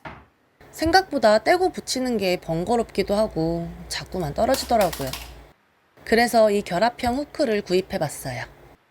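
Someone talks through most of the clip while handling the two plastic halves of a stick-on interlocking holder hook used to mount a kitchen timer, chosen because double-sided tape was fiddly to remove and reattach and kept falling off. No snap is heard, and nothing has seated or clicked yet.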